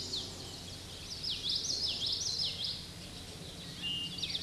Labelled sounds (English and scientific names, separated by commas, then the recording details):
Common Yellowthroat (Geothlypis trichas) song
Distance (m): 15 m
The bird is about 5 m above the microphone
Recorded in a Pennsylvania forest on 16 May 2024 at 08:06
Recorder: AudioMoth, point MSD-1418
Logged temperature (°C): 16.4 °C
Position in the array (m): 226 m, 181 m